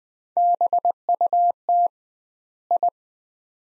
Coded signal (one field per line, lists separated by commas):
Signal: Morse code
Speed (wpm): 20 wpm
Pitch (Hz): 700 Hz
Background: none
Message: BUT I